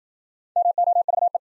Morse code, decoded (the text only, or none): MOVE